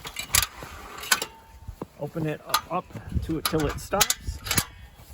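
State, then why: Seated. The hinge detent on the other side of a folding ladder is opened until it stops, with mechanical clicks and rattles throughout while someone talks. The detent engages with sharp clicks at 4.5 and 4.6 seconds, and the hinge is seated.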